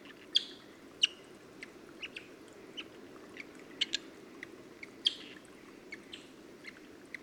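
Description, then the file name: Narina's torrent frog giving short, high, chirping calls at irregular intervals, some with a brief trailing tone, over a steady low rushing background. "Odorrana Narina Is Calling"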